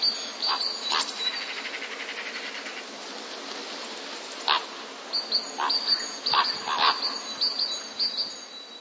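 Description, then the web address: Common raven calls: a run of dry, knocking clicks, some in quick pairs, over a steady hiss, with high thin bird notes behind. Common raven calls during courtship in the breeding season. "wroblowe ptaki krucze gody. wroblowe ptaki kruk"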